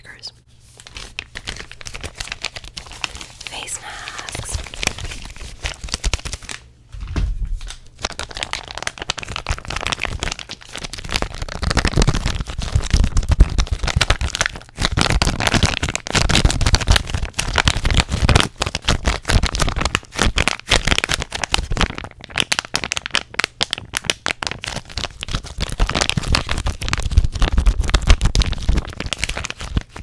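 Fast, aggressive triggers with heavy mic contact: dense bursts of scratching, tapping and crinkling that rarely pause. The rough, close sounds fill the whole range from low thumps to bright crackles, briefly dropping out near 1 and 7 seconds before resuming at full intensity.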